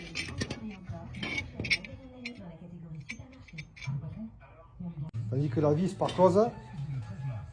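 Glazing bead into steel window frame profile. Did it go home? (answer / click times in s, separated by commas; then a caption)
no / none. A metal glazing bead (parclose) for a steel glass-partition frame is handled at its frame profile while someone talks, with a few light metallic taps and clinks. Nothing has seated or clicked into the profile yet.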